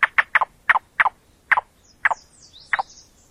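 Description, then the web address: Yellow-billed cuckoo call: slow, throaty doubled notes with widening gaps between them. A higher twittering from another bird overlaps the later notes. Vocalizations used for surveys. "Yellow Billed Cuckoo YBCUVocalizations YBCU Survey Playback"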